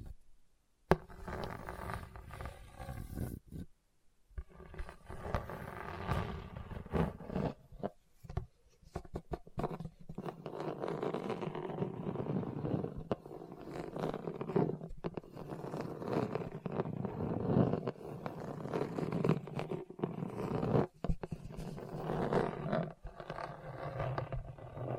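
Scratching and scraping over a hard, bumpy surface, a rough grinding texture that rises and falls in dense strokes. A few sharp clicks and brief silences break it near the start, around four seconds, and again near twenty-one seconds.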